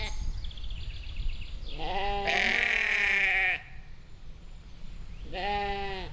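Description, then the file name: Sheep bleating: a long, wavering, nasal bleat lasting over a second, then a shorter one, over a steady low rumble. "schafe"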